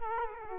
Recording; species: mosquito wingbeat signal from an infrared sensor; Culex quinquefasciatus